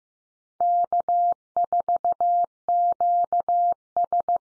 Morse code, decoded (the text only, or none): K4QS